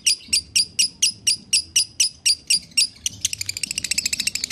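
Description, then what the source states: Lovebird chattering song: shrill, sharp chips repeated rapidly, then a faster, tightly packed buzzy trill of high notes near the end. Lovebird singing in the konslet style, presented as a masteran (song-training) recording.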